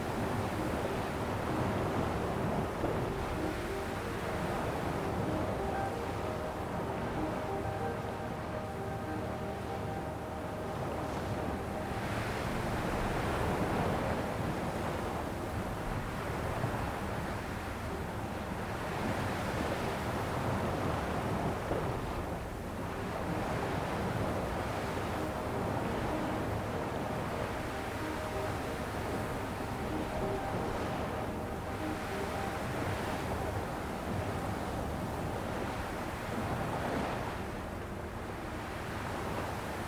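A soft melody of sustained, gentle notes drifts over a steady wash of ocean waves. The surf rolls in with slow swells every few seconds, a fuller surge near the middle and end, and a faint wind-like hiss sits underneath throughout.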